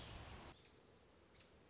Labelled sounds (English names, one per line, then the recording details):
American Robin
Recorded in Sonoma County, California